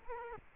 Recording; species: mosquito wingbeat signal from an infrared sensor; Culex quinquefasciatus